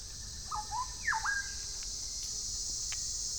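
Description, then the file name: Black-bellied wren duet: one short run of whistled notes, a low pair followed by a sharply dropping and rising swoop, against constant high-pitched insect droning. Duet recorded in Panama on 15 July 2010. "Black-bellied Wren Duet Panama 20100715"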